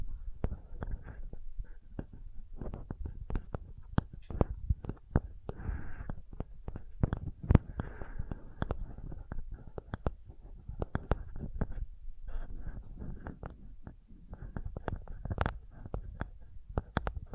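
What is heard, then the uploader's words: Sensitive tapping in quick, irregular clusters of soft, dull knocks with a few sharper clicks, over a low, muffled rumble throughout. Sensitive Tapping.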